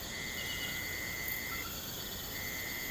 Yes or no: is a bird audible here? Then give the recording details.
no. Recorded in pastures near Puerto Asís, Putumayo, Colombia, on 21 March 2025 at 01:30. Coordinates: 0.472, -76.329. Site G074